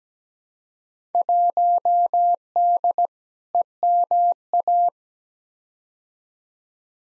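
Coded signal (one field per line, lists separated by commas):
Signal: Morse code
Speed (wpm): 17 wpm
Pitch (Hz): 700 Hz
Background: none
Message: 1D EMA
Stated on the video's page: Morse practice drill of simulated Field Day contest exchanges at 17 wpm, each sent twice for head-copy.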